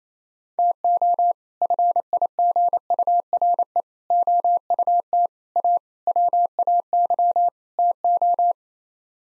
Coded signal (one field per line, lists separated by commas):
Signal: Morse code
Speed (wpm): 28 wpm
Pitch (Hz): 700 Hz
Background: none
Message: TO FIGURE OUT A WAY TO